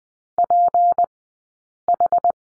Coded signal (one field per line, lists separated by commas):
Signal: Morse code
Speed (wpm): 20 wpm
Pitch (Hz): 700 Hz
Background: none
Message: PH